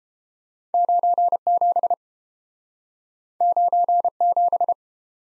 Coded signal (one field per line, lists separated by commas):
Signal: Morse code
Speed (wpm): 29 wpm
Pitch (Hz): 700 Hz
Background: none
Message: 97 97